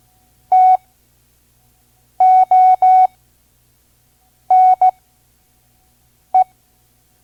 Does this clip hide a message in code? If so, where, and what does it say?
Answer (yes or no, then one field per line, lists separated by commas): yes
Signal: Morse code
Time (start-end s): 0.5-6.4 s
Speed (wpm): 16 wpm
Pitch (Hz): 740 Hz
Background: none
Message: TONE